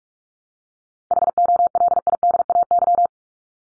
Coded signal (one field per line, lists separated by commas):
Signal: Morse code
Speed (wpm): 44 wpm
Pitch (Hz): 700 Hz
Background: none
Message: HOLIDAY